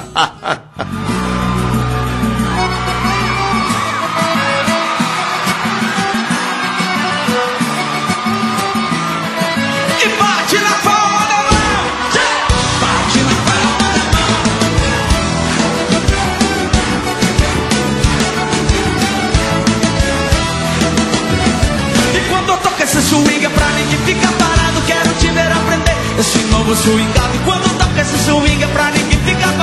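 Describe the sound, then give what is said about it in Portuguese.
A sertanejo pop song sung by a singer featuring another singer plays loud and steady, opening with a lighter, sparser passage before a full band and a driving, punchy beat kick in about a third of the way through. “Swingado, misturamos sertanejo que virou um batidão.”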